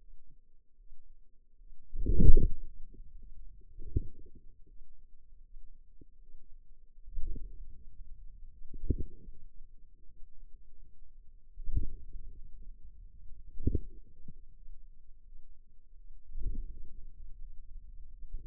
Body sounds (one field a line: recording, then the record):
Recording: forearm muscle sounds (acoustic myography)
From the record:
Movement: inward rotation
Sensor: system 2, bracelet of six BSWA MPA416 microphones around the upper forearm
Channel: 1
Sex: female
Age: 23 years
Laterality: right